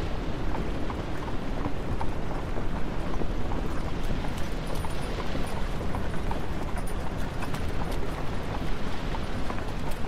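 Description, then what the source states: Horse hooves clopping over a continuous low rumble. Horse pulling a carriage.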